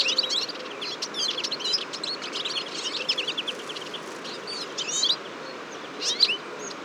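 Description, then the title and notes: Eurasian siskins calling as a flock, a chatter of high twittering notes and short wheezy, sliding whistles, thinning later with a few brief louder bursts. Large flock at a feeder on a February morning, 23 February 2014, Fourcinet, Drôme, France; recorded with Nagra Seven and Telinga P7. "Choeur de fringilles. 23 février 2014-Fourcinet - Drôme. un grand nombre de Tarin des aulnes (Carduelis spinus)"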